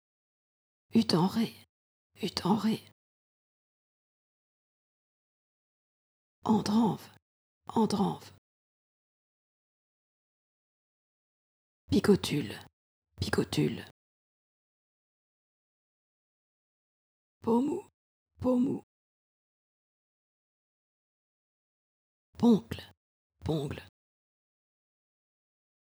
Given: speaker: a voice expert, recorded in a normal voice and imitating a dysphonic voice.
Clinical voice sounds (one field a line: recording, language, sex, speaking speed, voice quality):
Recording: pseudo-word pairs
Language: French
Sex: female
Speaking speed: fast speed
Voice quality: dysphonic voice